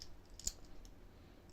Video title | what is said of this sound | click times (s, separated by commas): It's been upgraded, but has it been improved? Spinnaker Fleuss Chrono | use clasp there double security functions very well easy to use locks in place | 0.5 s